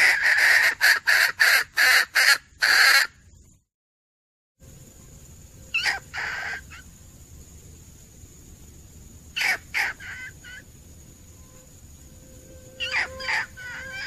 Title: Suara Ayam Hutan Betina. suara pikat ayam hutan betina